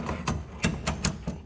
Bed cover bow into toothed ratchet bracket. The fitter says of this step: click click right in the third tooth there we go